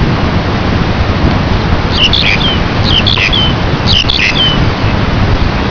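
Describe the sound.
Bird calls in three short bursts of chirpy, squeaky notes about a second apart, over a steady rough hiss.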